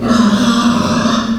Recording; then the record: squeal of a Yucatan mini pig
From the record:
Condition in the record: after surgery on the right vocal fold (resection and tissue-engineered implant); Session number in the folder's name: 12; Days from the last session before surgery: 105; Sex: female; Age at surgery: 19 weeks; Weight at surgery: 25 kg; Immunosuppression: prednisolone